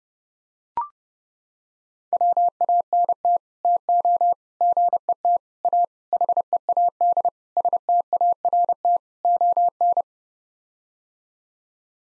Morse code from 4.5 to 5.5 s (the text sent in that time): GET